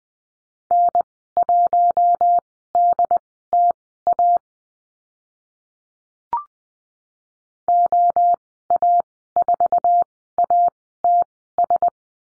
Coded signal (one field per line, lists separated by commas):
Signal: Morse code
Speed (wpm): 19 wpm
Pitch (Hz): 700 Hz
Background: none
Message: N1DTA OA4ATS